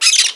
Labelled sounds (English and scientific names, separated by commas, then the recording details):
Brown-throated Parakeet (Eupsittula pertinax) contact call
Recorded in Margarita
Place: San Francisco, near stadium
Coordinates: 11.018, -64.294